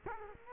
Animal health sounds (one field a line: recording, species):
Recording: mosquito wingbeat signal from an infrared sensor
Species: Culex quinquefasciatus